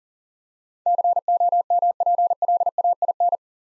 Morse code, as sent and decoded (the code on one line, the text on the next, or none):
-.-. --- -- .--. .-.. .- .. -.
COMPLAIN